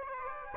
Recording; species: mosquito wingbeat signal from an infrared sensor; Aedes aegypti